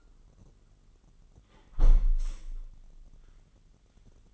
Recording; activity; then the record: daily activity, microphone in the room; close window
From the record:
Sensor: 4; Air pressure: 999.4 hPa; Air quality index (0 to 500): 138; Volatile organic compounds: 3 ppm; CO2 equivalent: 1358 ppm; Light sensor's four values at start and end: 22/55/23/25 and 22/55/23/25